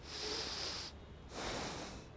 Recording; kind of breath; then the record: one breath in and out by a microphone near the nose and mouth; deep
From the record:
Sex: male